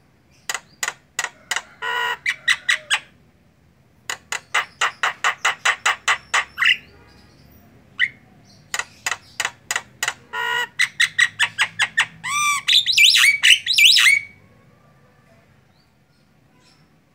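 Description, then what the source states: Javan myna chattering: long trains of quick, dry clicking notes in bursts, ending in a louder, squealing, rising and falling phrase. Singing; the local term for the song style is ngoceh.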